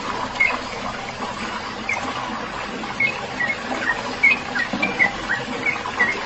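Bird giving crisp, high chirps in a loose series, several closely spaced toward the end, against a steady noisy hiss.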